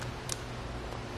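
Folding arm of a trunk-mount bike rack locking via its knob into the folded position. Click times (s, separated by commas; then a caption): 0.3 s. A gray knob on the folding arm of a Yakima FullBack 2 trunk-mount bike rack on a 2018 Kia Stinger is twisted up and the arm is folded down. A single short tick is heard at 0.3 s as the arm goes down and locks into the folded position.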